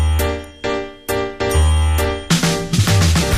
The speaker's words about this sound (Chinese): 钢琴声飘过来，先是弹奏的门铃声，叮叮咚